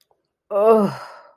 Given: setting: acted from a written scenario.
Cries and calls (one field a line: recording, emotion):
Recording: vocal sound without words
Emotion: shame